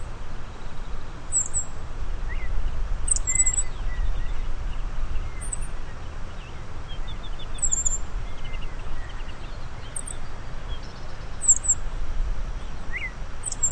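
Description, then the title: Black-masked Finch uttering sharp, high, thin notes every few seconds, with scattered softer calls of other birds and a continuous low rumble. Subspecies melanotis. "LuckyPassaro Completos2Sama. Black-masked Finch"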